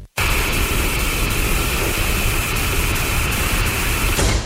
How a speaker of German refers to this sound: Rauschen klingt so wunderbar. Im Sommer am Meer, aber nicht im Radio.